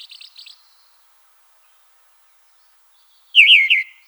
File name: Drozd krasnozobyj